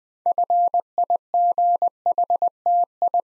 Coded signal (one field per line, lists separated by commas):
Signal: Morse code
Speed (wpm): 20 wpm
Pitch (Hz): 700 Hz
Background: none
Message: FIGHTI